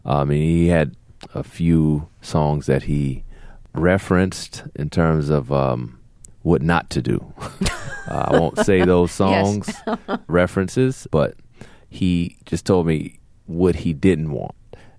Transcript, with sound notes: And he had a few songs that he referenced in terms of what not to do.
(Laughter) Yes.
I won't say those songs - references. But he just told me what he didn't want.